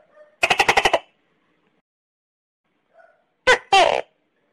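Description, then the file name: Tokay gecko giving a quick rattling burst of pulses, followed after a pause by one loud two-note 'to-kay' call, the second note falling and drawn out. "Tieng con tac ke keu"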